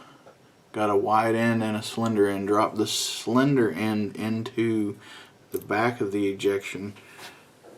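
Someone talks while handling the ejector spring of a Taurus Tracker revolver, whose slender end is to be dropped into the back of the steel ejector star and pressed into place with a tool. No clicks or impacts are heard, only speech. The spring has not seated or clicked into the ejector star yet.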